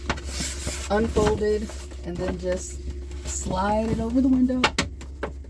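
A folded blackout cover is unfolded and slid over the rear door window of a 2024 Entegra Arc 18C camper van while someone talks. Soft rustling and brief handling taps are heard over a steady low hum, with nothing seated or clicked into place yet by the end.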